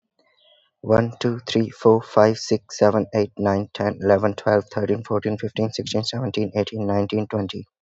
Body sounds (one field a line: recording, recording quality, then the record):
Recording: counting at a fast pace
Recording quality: excellent, no background noise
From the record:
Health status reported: healthy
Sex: male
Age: 18 years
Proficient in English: yes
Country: India